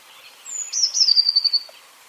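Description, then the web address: Eurasian blue tit calling once: a high, thin falling note that runs straight into a rapid, slightly lower trill lasting about a second, with faint background noise. "ljud Cyanistes"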